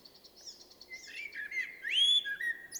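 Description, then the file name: Common blackbird with a clear whistled note, a rising fluted sweep and a falling tail, after faint high twitters. "Turdus merula"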